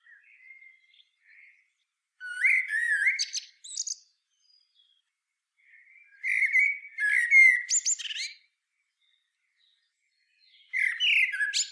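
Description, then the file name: Common blackbird: three separate song phrases with quiet gaps between, each a low mellow warble topped with high squeaky twitters. "Turdus merula"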